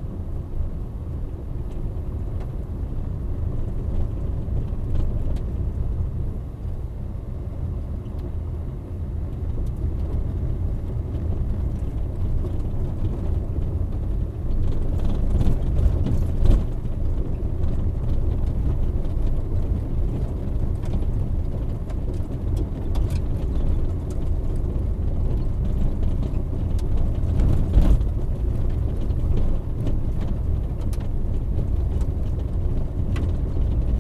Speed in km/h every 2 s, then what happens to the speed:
21, 23, 23, 24, 25, 26, 25, 23, 23, 23, 23, 23, 23, 23, 22, 22, 23.
0-34 steady at about 23.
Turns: none.